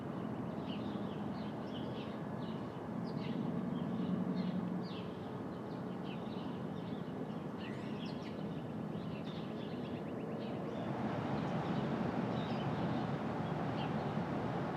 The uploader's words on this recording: Brooklyn Dawn. Street Traffic, Open Air II.